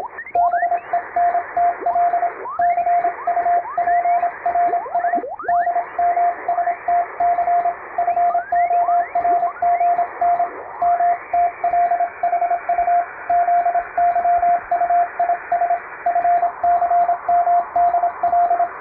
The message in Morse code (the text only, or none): BENTL CUPRS DMSTC FORGN MTLHU ZYUIS FCMDL